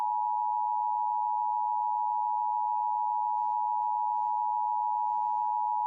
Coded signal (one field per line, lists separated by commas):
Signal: Emergency Alert System (SAME) tones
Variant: 853 and 960 Hz attention tone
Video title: Bell eas